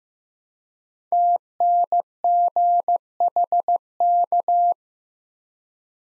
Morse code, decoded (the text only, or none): TNGHK